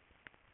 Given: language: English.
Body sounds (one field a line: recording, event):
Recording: throat vibration sensor signal played as sound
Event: swallow